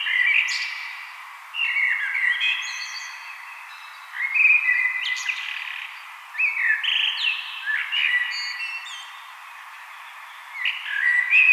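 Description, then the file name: Common blackbird song, mellow whistled phrases ending in high scratchy flourishes, given repeatedly with short pauses of one to two seconds between them. "Turdus merula"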